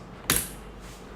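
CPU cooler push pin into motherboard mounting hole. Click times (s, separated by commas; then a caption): 0.3 s, 0.4 s. A plastic push pin on a stock CPU cooler is pressed down into a motherboard mounting hole. It gives a sharp click at 0.3 s and a smaller second click at 0.36 s. The clicks mean the pin has seated and the cooler is fixed in place.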